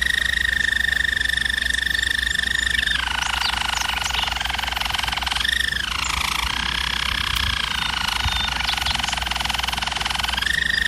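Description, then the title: German Roller canary song, continuous rolling trills that drop lower around three seconds, briefly rise, then return to a higher trill near the end; low hum throughout. German Roller canary singing, for canary training. "German Roller Canary Singing - Canary Training Vid"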